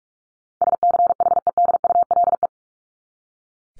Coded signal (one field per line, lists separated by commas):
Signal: Morse code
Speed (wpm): 44 wpm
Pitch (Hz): 700 Hz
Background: none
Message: SCHEDULE